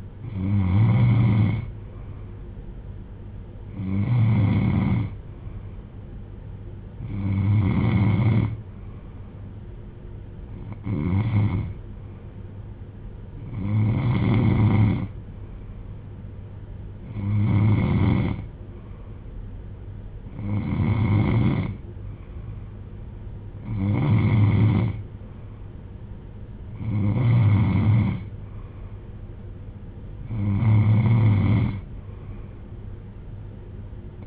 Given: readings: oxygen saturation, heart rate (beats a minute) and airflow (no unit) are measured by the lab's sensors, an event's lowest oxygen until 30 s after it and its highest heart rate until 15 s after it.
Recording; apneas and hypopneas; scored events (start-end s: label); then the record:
breathing in sleep by a smartphone at the bedside; none
none scored
From the record:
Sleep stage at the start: N3 (deep sleep); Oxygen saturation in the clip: 93 to 95%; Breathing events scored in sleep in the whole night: 310 in 8.1 hours asleep